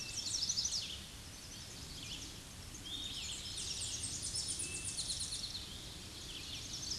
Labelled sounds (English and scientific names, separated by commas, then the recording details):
Eastern Towhee (Pipilo erythrophthalmus) song
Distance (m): 30 m
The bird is about level with the microphone
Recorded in a Pennsylvania forest on 16 May 2024 at 06:24
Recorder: AudioMoth, point MSD-2429
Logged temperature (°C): 16.7 °C
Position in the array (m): 80 m, 57 m